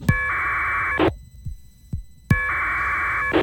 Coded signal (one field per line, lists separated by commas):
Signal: packet radio (AX.25, as in APRS)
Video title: K3BWA Winlink Off grid - Part 2